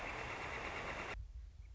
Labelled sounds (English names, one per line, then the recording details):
Northern Flicker
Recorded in Sonoma County, California